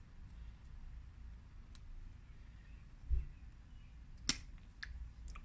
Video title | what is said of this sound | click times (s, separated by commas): Saab 9-5 Ignition Cylinder Cleaning | locks in place and there | 4.3 s